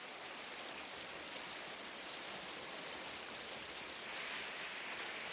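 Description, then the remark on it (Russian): Rain falls steadily in a park, drops falling into a porcelain cup held out under them; a dense, even hiss of countless raindrops with a bright, high-pitched texture that barely changes over several seconds. No voices are heard. “Держит чашку под каплями дождя.”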